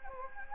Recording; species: mosquito wingbeat signal from an infrared sensor; Anopheles gambiae